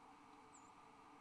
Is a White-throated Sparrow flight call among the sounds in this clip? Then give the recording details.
yes. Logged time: 04:27 on 8 December 2014